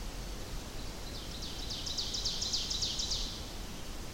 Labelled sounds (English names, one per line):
Ovenbird song